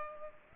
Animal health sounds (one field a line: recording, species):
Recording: mosquito wingbeat signal from an infrared sensor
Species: Culex pipiens